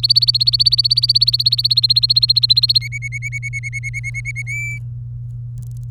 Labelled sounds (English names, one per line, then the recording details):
Domestic Canary song
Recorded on 23 April 2018 at 16:01
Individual llb3